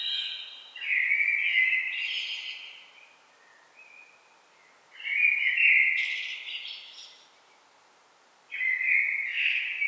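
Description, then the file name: Common blackbird song with three separate phrases, each a rich whistled warble climbing into scratchy high notes, spaced by quiet pauses of one to two seconds. "Turdus merula"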